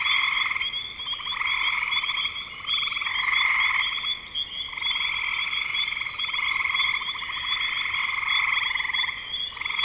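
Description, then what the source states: Frog chorus of buzzy trilled calls arriving in bursts of one to two seconds, separated by brief dips, over an unbroken high thin tone. Spring 2025.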